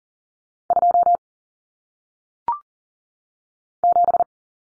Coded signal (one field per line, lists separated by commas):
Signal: Morse code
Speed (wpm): 42 wpm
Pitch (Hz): 700 Hz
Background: none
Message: 2 7